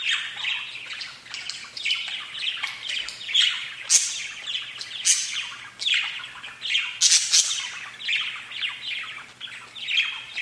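Budgerigar chatter, dense buzzy warbling with frequent high squeaks and chirps across the whole stretch.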